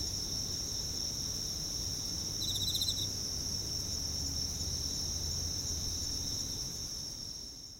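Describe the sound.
Quiet night insects: one brief pulsed trill midway and a faint continuous high whine, with a low rumbling hum running through the background.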